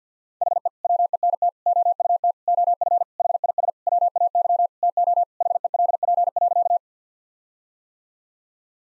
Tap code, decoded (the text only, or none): none